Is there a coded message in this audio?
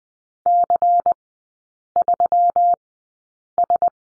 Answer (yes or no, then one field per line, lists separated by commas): yes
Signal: Morse code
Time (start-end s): 0.5-3.9 s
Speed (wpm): 20 wpm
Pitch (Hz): 700 Hz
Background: none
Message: C3S